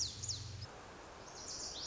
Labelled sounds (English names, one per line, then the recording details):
Lazuli Bunting
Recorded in Sonoma County, California